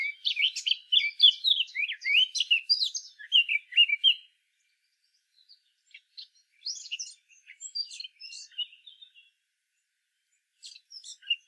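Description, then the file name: Eurasian blackcap song: rich, fluty warbling with quick rising and falling whistled notes for four seconds, then scattered softer chirps and short fragments. "Sylvia atricapilla"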